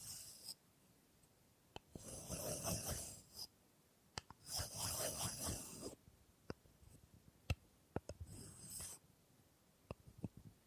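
Wood triggers: bursts of dry scratching and rubbing around two, five and eight seconds, with sharp taps and clicks scattered between them.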